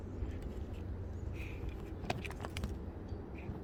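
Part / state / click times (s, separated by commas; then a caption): wiper blade adapter lock onto wiper arm hook / not seated / none. A wiper blade is handled on the J-hook of a 2020+ RAM 1500 DT wiper arm, with its plastic locking tab about to close onto the arm. Over a steady low rumble, a few short, sharp handling knocks sound at about 2.1, 2.4 and 2.6 seconds. The blade lock has not clicked home or seated yet.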